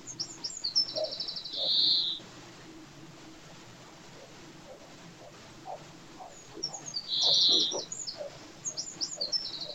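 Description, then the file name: European greenfinch mixing rapid high twittering notes with two drawn-out nasal wheezes, one near two seconds and another near seven and a half seconds, over soft background noise. "Chloris chloris"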